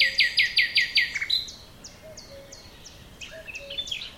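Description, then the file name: Common nightingale giving a loud rhythmic series of rapid notes, then quieter thin whistles; faint low notes in the background. "Luscinia megarhynchos"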